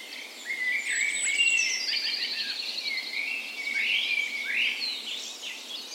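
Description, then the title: Dawn chorus of birds: a long high whistle, buzzy trills and rising warbled phrases from several birds overlapping throughout. Spring dawn chorus recorded on the morning of 17 May, Norway's National Day, in a park west in Bergen, Norway; Sony PCM A10 recorder with LOM micro Usi microphones as tree ears. "17th Of May Dawn Chorus"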